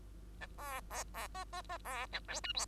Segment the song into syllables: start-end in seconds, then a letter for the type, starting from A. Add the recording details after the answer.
0.41-0.47 A, 0.58-0.81 B, 0.90-1.04 B, 1.14-1.28 B, 1.34-1.44 C, 1.52-1.62 C, 1.69-1.78 C, 1.84-2.06 B, 2.12-2.20 A, 2.28-2.40 D, 2.43-2.53 E, 2.54-2.66 F. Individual Bird2